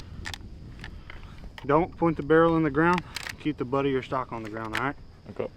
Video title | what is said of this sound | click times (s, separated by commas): pov: you make internet money but you're still from the country | Put it in. Take your thumb. Shove it up till it clicks. | 0.3 s